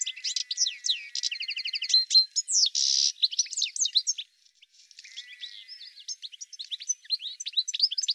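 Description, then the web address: Bird song of rapid chirps, sweeping whistles and fast trills, with a short buzzy burst midway and a brief quieter pause before the chirping resumes. "cianscape birddata"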